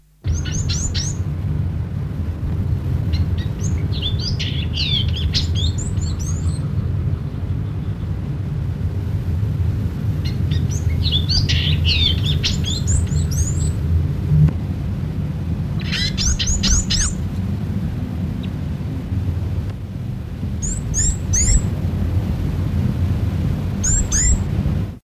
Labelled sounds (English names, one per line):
Red-cheeked Cordonbleu call